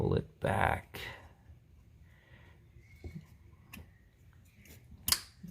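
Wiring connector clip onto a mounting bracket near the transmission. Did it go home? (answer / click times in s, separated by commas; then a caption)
yes / 5.1 s. On a 2010 Toyota Corolla, the end clip of the backup lamp switch's wiring connector is pushed forward onto a small mounting bracket near the transmission, then pulled back to check it. Someone talks over the work, and a sharp click at 5.1 s marks the clip snapping in place, seated and confirmed.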